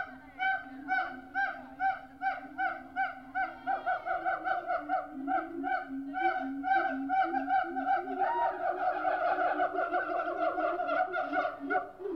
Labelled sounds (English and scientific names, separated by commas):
Siamang (Symphalangus syndactylus)